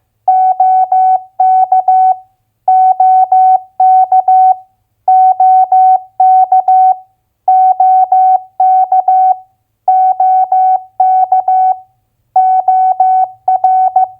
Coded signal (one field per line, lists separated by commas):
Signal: Morse code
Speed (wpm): 15 wpm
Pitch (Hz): 750 Hz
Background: none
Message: OK OK OK OK OK OR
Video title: Morse Code Head Copy - US State Abbreviations at 15wpm